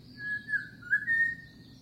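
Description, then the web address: Bird giving clear whistled notes, a short level whistle, then a dipping and rising slur into a longer sustained tone, over a low background hum. Unidentified bird recorded in mangroves. "Sound Effects-Foundation 1 BIRD UNKNOWN MAGROVES"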